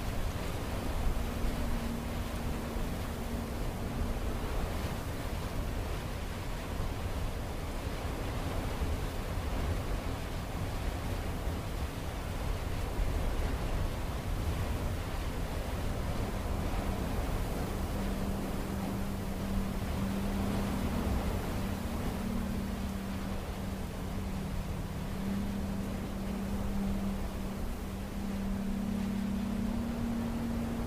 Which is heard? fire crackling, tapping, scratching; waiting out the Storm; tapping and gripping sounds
waiting out the Storm